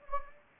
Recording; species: mosquito wingbeat signal from an infrared sensor; Anopheles gambiae